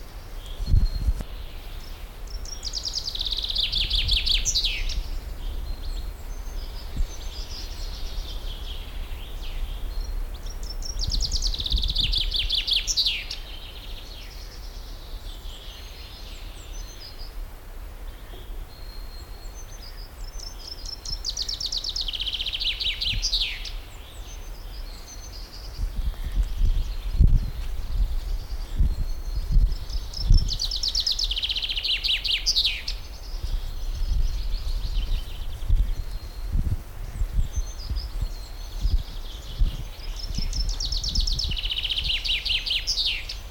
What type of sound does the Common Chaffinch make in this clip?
song